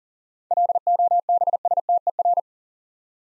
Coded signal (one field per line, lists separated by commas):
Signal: Morse code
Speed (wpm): 43 wpm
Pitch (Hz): 700 Hz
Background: none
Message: LOBSTER